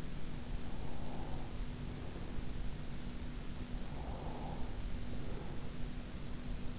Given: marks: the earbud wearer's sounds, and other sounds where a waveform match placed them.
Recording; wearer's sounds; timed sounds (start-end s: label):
sounds in sleep by an in-ear microphone; breath
0.67-2.48 s: breath
3.88-5.78 s: breath